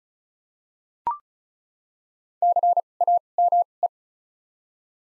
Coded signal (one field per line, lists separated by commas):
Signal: Morse code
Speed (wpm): 36 wpm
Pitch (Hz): 700 Hz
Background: none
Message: C A M E